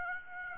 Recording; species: mosquito wingbeat signal from an infrared sensor; Aedes aegypti